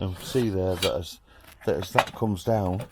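Someone talks while a caravan corner steady is lowered onto stacked plastic Milenco Stacka Jack corner steady pads used for levelling the caravan, with faint rubbing and handling sounds under the speech. The pads are still being handled as the steady comes down, and nothing has seated or clicked yet.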